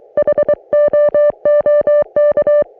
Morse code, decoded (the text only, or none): HOOK